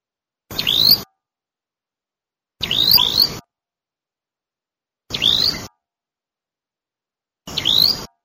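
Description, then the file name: Prinia calls: short rising whistled notes in four separate bursts a couple of seconds apart, each wrapped in harsh hiss. Call of the prenjak kepala merah, a red-headed prinia. "suara panggilan prenjak kepala merah. omkicau"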